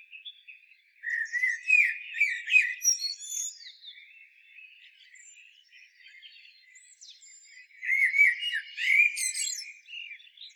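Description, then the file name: Common blackbird song: two fluty, warbled phrases ending in high twittering, separated by a long quiet pause with faint soft notes. "Turdus merula"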